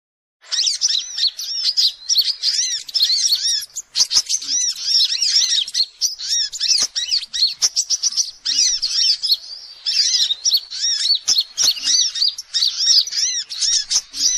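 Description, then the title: Spiderhunter song: a dense, fast run of high chirps and arched, bouncing notes, nearly unbroken, with sharp scattered clicks throughout. Song used as masteran training material. "Sogok Ontong Labaik"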